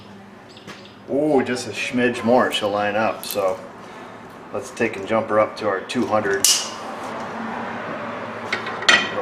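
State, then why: Torque reached. Someone talks while a torque wrench set to about 200 is pulled on a rusty rear wheel bearing hub bolt on a Kia Sportage. The wrench clicks sharply at its setting at 8.9 s, clicking before the bolt moved.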